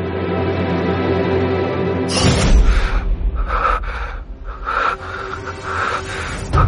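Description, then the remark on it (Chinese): Heavy, rapid breathing heard through earphones: harsh, ragged inhales and exhales come in quick succession, loud and breathy, after a brief low humming tone at the start. “耳机里传来粗重且急促的呼吸声，孟昭倏地皱紧了眉。”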